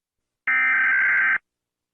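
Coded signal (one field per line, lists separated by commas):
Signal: Emergency Alert System (SAME) tones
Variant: header bursts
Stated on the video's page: Fictional analog horror EAS footage, not a real alert.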